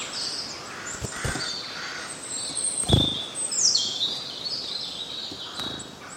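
Birds chirping, varied high whistles mixed with a few soft knocks and background hiss.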